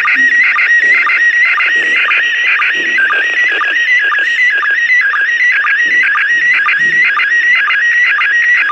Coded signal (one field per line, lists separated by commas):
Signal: SSTV (slow-scan television)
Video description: Foi capturado áudio da transmissão em SSTV da ISS e registrado em vídeo. Deste áudio, via aplicação RX-SSTV, se decodificou a imagem.